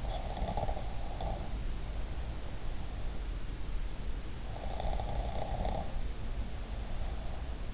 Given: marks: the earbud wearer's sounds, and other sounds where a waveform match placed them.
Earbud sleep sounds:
sounds in sleep by an in-ear microphone; snoring breath
0.20-2.62 s: snoring breath
4.66-7.74 s: snoring breath

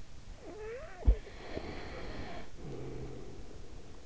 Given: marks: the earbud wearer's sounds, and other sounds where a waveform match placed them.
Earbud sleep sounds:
sounds in sleep by an in-ear microphone; snoring breath
0.35-3.84 s: snoring breath

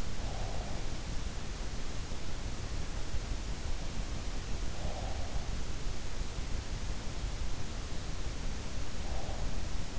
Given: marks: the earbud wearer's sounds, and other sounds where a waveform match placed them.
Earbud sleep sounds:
sounds in sleep by an in-ear microphone; breath
0.00-0.91 s: breath
4.26-5.69 s: breath
8.55-9.99 s: breath

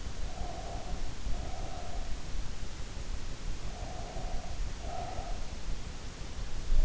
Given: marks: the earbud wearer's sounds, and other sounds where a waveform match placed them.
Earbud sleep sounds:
sounds in sleep by an in-ear microphone; breath
0.20-2.33 s: breath
3.51-5.61 s: breath

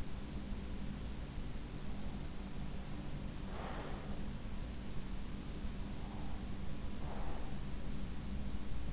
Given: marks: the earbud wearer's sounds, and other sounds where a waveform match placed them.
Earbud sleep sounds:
sounds in sleep by an in-ear microphone; breath
3.38-4.53 s: breath
6.84-7.76 s: breath

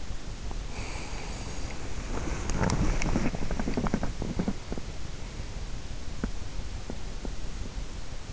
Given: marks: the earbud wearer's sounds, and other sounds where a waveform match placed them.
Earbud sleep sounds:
sounds in sleep by an in-ear microphone; breath, body movement, teeth grinding
0.00-4.85 s: breath
2.09-4.89 s: body movement
6.08-8.01 s: teeth grinding

